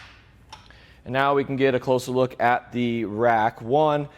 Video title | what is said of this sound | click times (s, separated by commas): etrailer - How to Install the Saris MHS DUO Bike Rack for 2 Bikes on a 2022 Jeep Grand Cherokee L | whenever we're done with that we can just lift it up it'll snap into place | 0.5 s, 0.7 s